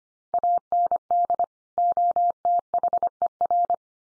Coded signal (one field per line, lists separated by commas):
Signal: Morse code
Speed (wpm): 25 wpm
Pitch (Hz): 700 Hz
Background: none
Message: AND OTHER